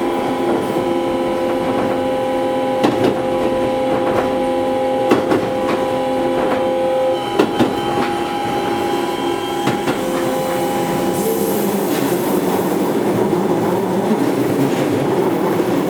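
Inside a Keio 7000 series one-man train, a steady motor whine with held tones runs under repeated rail clicks and knocks, swelling toward the end.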